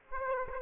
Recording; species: mosquito wingbeat signal from an infrared sensor; Aedes aegypti